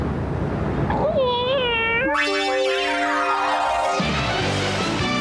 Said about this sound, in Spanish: ¡Miren! ¡Esa gata! ¡Qué gatita tan bonita! Ella es mi familia.